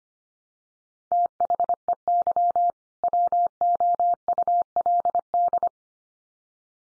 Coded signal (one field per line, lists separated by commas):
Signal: Morse code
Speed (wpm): 25 wpm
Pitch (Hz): 700 Hz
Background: none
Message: THEY WOULD